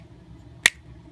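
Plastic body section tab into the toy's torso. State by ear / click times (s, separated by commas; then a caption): partly seated / 0.7 s. A plastic body section of a transforming helicopter-robot toy is pressed by hand so its tab goes into the toy's torso, giving one sharp, bright plastic click at 0.7 s over a quiet background, followed by a faint high tick near 1.2 s. The section clicks in but does not tab in all the way, lifting off a little instead of sitting flush.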